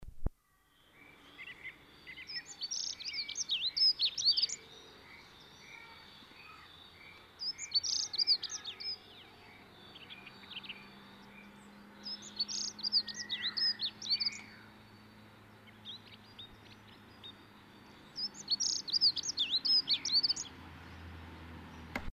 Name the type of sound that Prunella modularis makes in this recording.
song